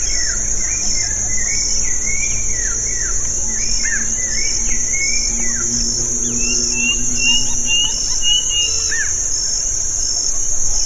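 Birds giving many quick downslurred chirps in busy bursts, later a run of higher whistled notes, with a steady shrill insect buzz throughout.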